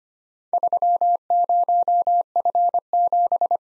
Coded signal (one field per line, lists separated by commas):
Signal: Morse code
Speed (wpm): 25 wpm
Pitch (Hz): 700 Hz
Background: none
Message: 30F7